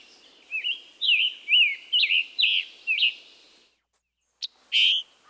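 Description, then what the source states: Scarlet tanager gives several hoarse sing-song phrases, then after a short pause a sharp chick followed by a buzzy burr call. Robin-like but hoarse-sounding sing-song notes, likened to a robin with a sore throat, plus the emphatic, diagnostic chick-burr call note.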